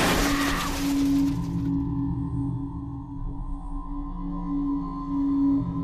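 A speeding car roars past with a burst of harsh, hissing tire noise at the start, then settles into a steady low engine drone with a humming tone.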